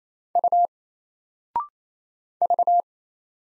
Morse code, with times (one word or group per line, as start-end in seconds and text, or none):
0.4-0.7 U
2.4-2.8 V